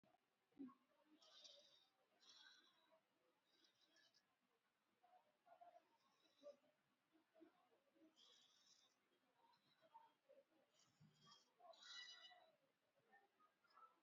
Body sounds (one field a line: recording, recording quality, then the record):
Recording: shallow breathing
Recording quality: excellent, no background noise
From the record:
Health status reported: exposed to COVID-19, no respiratory illness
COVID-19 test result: negative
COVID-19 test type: RT-PCR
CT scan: taken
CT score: 25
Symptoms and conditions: fever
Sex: female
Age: 51 years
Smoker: no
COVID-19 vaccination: both doses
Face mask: worn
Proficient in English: yes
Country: India